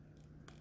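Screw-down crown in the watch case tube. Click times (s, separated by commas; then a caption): 0.2 s, 0.5 s. The metal screw-down crown of an Alpina Startimer 100m Automatic Chronograph AL-725N4S6 is unscrewed from its tube in the watch case and pops out gently, not hard, into its first position. Two small, sharp clicks land at 0.2 s and 0.5 s, each followed by fainter ticks, over a low steady hum. The crown is released.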